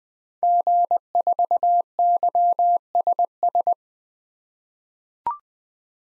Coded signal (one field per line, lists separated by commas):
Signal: Morse code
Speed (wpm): 20 wpm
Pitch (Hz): 700 Hz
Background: none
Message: G4YSS